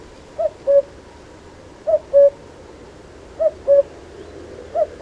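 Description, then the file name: Common cuckoo singing its falling two-note cu-coo, four phrases spaced roughly one and a half seconds apart, with a faint low hum beneath. "Canto do Cuco"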